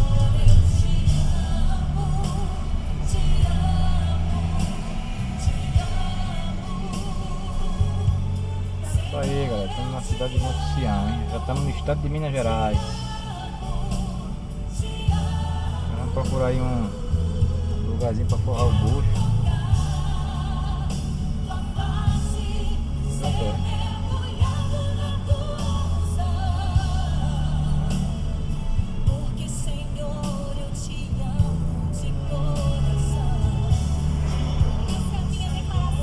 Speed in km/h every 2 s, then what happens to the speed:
16, 16, 15, 7, 7, 9, 16, 18, 18, 20, 21, 21, 21, 21, 23, 24, 21, 12.
0-9 slows to 7. 9-14 speeds up to 18. 14-30 steady at about 21. 30-36 slows to 12.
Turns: none.